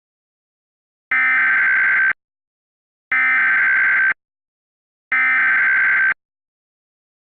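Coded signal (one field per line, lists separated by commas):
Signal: Emergency Alert System (SAME) tones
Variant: header bursts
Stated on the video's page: Simulated mini-scenario EAS tones for a Zika outbreak.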